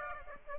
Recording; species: mosquito wingbeat signal from an infrared sensor; Aedes aegypti